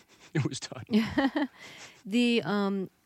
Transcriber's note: laughs